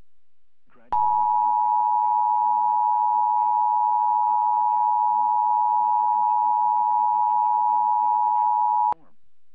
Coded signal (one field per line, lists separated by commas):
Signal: Emergency Alert System (SAME) tones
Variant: 853 and 960 Hz attention tone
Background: speech